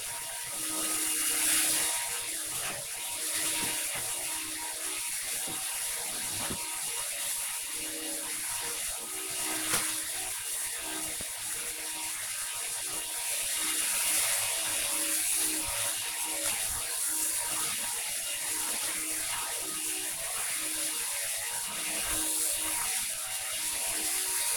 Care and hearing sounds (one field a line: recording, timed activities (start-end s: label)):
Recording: household activities, microphone on the right wrist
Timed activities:
0.00-24.57 s: vacuum cleaning